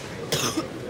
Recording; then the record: coughing mixed with background sound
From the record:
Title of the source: Wet coughing